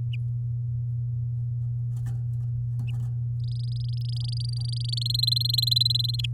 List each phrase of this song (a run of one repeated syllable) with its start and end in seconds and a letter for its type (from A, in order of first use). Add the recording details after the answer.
3.40-4.99 A, 5.01-6.16 B, 6.19-6.26 C. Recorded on 10 May 2018 at 14:55. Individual llb16